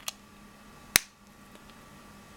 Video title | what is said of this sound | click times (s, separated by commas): Dolce Vita Naranja Fountain Pen REVIEW | pretty securely doesn't move it clicks in place | 1.0 s